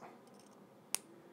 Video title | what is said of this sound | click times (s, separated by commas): Pilot Stargazer | with a nice little click | 0.9 s